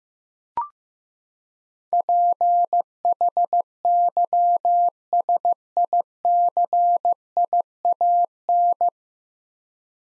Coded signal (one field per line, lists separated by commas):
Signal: Morse code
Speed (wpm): 15 wpm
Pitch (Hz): 700 Hz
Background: none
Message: PHYSICIAN